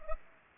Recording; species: mosquito wingbeat signal from an infrared sensor; Culex pipiens